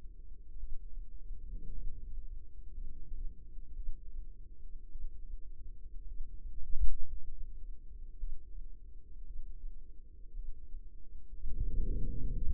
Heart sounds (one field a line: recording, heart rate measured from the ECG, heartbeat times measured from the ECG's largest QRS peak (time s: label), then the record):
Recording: heart sounds by microphone in the left ear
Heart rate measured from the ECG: 56 bpm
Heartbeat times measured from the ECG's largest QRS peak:
0.58 s: heartbeat
1.73 s: heartbeat
2.73 s: heartbeat
3.75 s: heartbeat
4.90 s: heartbeat
6.06 s: heartbeat
7.12 s: heartbeat
8.18 s: heartbeat
9.25 s: heartbeat
10.34 s: heartbeat
11.45 s: heartbeat
12.40 s: heartbeat
From the record:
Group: healthy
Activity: rest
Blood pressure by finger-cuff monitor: 85/55 mmHg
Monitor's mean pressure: 64 mmHg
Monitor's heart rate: 55 bpm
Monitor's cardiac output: 4.2 L/min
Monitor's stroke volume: 76 mL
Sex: female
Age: 36 years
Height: 163 cm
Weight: 88 kg